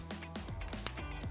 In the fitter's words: Snap that in, you'll hear it click. This side of the lumbar is secure.